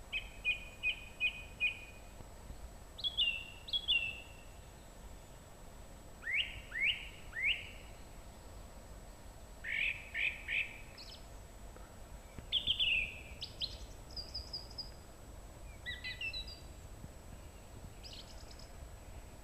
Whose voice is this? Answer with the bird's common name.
Song Thrush